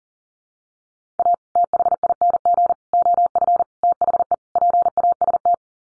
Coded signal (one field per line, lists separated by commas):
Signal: Morse code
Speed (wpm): 40 wpm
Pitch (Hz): 700 Hz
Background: none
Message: A THING OF THE PAST